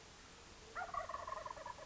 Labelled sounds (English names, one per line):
Wild Turkey